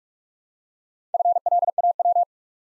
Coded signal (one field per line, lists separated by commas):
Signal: Morse code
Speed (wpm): 48 wpm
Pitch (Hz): 700 Hz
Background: none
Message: FLAW